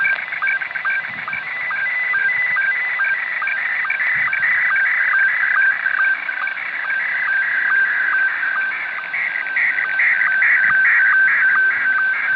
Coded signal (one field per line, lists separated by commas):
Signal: SSTV (slow-scan television)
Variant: Scottie 1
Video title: Wolverine radio. Pirate radio. With sstv sound.